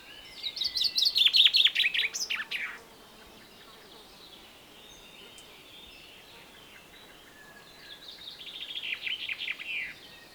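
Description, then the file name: Common chaffinch song delivered twice: a loud descending run of rapid chirps, about five seconds of quiet, then a softer repeat of the same phrase. "Fringilla coelebs"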